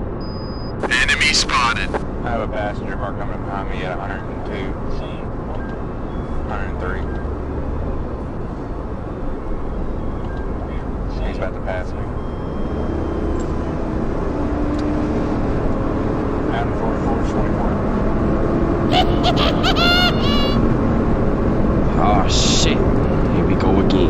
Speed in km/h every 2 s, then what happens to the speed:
103, 100, 97, 100, 98, 98, 109, 121, 132, 137, 150, 153.
0-10 steady at about 98. 10-24 speeds up to 153.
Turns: none.